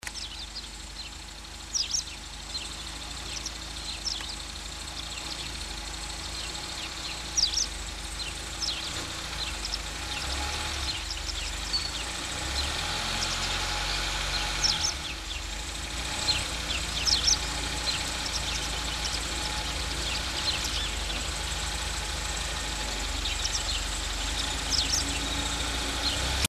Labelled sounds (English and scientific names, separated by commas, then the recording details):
White Wagtail (Motacilla alba) song
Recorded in the wild
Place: Oberstdorf, Bayern, DE
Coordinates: 47.4114, 10.2803
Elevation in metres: 819
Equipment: Uher 4000 Report
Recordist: Tretzel, Erwin
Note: Datum und genauer Ort unbekannt: Gesang